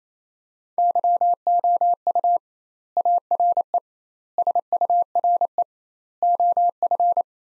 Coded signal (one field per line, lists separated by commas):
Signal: Morse code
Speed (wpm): 28 wpm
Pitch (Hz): 700 Hz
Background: none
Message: YOU ARE SURE OF